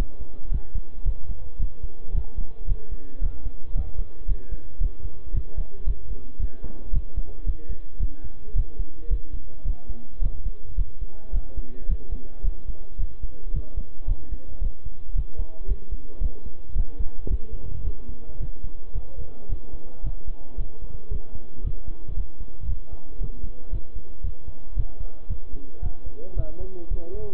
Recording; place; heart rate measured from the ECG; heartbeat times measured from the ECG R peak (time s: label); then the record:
heart sounds by stethoscope; between the tricuspid and mitral areas; 111 bpm
0.52 s: heartbeat
1.06 s: heartbeat
1.60 s: heartbeat
2.15 s: heartbeat
2.68 s: heartbeat
3.22 s: heartbeat
3.76 s: heartbeat
4.29 s: heartbeat
4.81 s: heartbeat
5.35 s: heartbeat
5.87 s: heartbeat
6.40 s: heartbeat
6.94 s: heartbeat
7.47 s: heartbeat
8.01 s: heartbeat
8.56 s: heartbeat
9.11 s: heartbeat
9.66 s: heartbeat
10.22 s: heartbeat
10.78 s: heartbeat
11.33 s: heartbeat
11.89 s: heartbeat
12.44 s: heartbeat
13.00 s: heartbeat
13.54 s: heartbeat
14.08 s: heartbeat
14.62 s: heartbeat
15.16 s: heartbeat
15.68 s: heartbeat
16.22 s: heartbeat
16.76 s: heartbeat
17.30 s: heartbeat
17.85 s: heartbeat
18.41 s: heartbeat
18.95 s: heartbeat
19.50 s: heartbeat
20.04 s: heartbeat
20.58 s: heartbeat
21.12 s: heartbeat
21.65 s: heartbeat
22.17 s: heartbeat
22.69 s: heartbeat
23.21 s: heartbeat
23.73 s: heartbeat
24.24 s: heartbeat
24.77 s: heartbeat
25.30 s: heartbeat
25.83 s: heartbeat
26.37 s: heartbeat
26.91 s: heartbeat
From the record:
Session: bicycle stress test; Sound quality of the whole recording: good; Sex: male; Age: 23 years